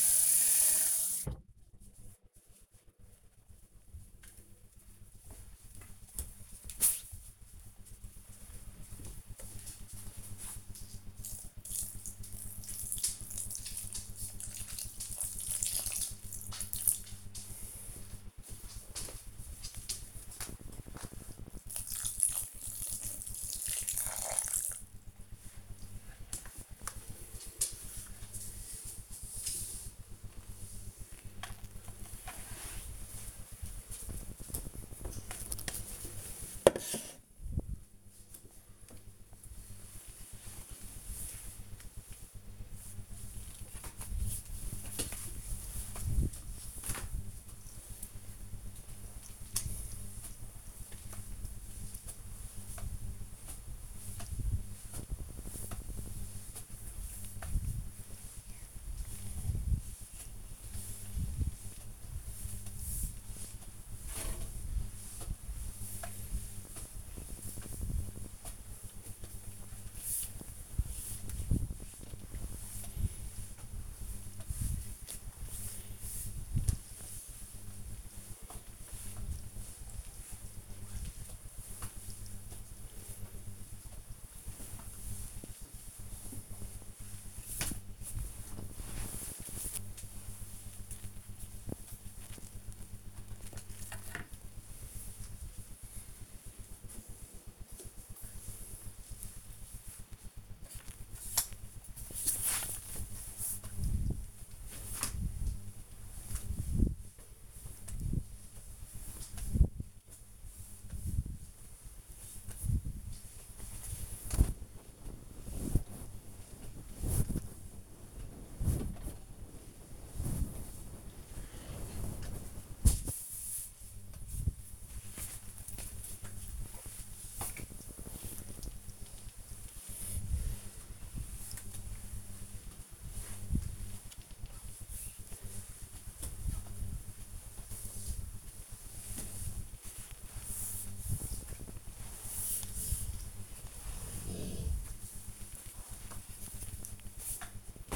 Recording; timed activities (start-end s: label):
household activities, microphone on the right wrist
0.00-25.27 s: watering plant
43.40-92.84 s: floor cleaning
99.90-147.96 s: floor cleaning